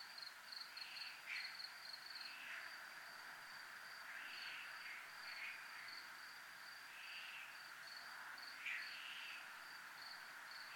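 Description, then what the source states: Cricket: an even, rapidly pulsed high chirping runs throughout, joined by softer swelling buzzy bursts at intervals, over steady hiss. Recorded at a 'zona militar' (military zone).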